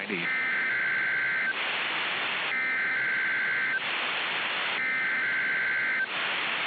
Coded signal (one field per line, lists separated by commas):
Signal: Emergency Alert System (SAME) tones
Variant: header bursts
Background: speech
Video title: [REQUESTED EAS MOCK] is this how you do nuclear power plant warnings im new to this